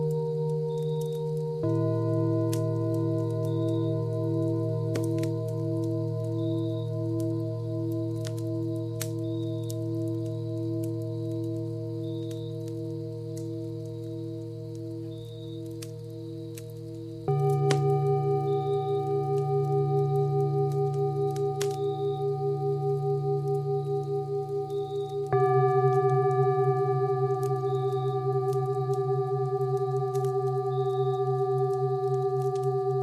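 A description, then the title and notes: Singing bowls ring in long, steady tones, with fresh strikes near 2, 17 and 25 seconds that bring new pitches and a louder swell. A thin, high pulsing chirp runs throughout, and faint scattered clicks pop occasionally underneath. 雪地裡的營火蟲鳴白噪音. Singing Bowls Healing Sound. Cricket sound effects provided by Hargissssound and Sengjinn and SoundsForYou from Pixabay.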